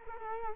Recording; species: mosquito wingbeat signal from an infrared sensor; Culex quinquefasciatus